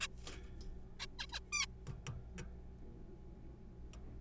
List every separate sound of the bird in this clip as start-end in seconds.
0.01-0.07, 1.00-1.06, 1.19-1.26, 1.32-1.40, 1.53-1.65